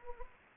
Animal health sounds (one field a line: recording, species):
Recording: mosquito wingbeat signal from an infrared sensor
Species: Anopheles gambiae